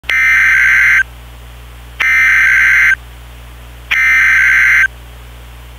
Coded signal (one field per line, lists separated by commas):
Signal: Emergency Alert System (SAME) tones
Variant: header bursts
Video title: PSR Tornado Warning Sep 23, 2019 (EAS MOCK)